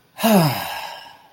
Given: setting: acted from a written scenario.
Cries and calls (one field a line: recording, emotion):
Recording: vocal sound without words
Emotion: contentment